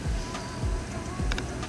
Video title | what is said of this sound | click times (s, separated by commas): DIY: How to fix sticky / slow Car Window - Corolla repair | And that will clip in as well. Yep. | 1.3 s, 1.4 s